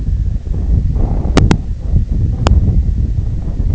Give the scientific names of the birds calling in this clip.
none